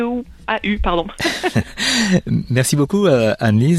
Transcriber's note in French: rires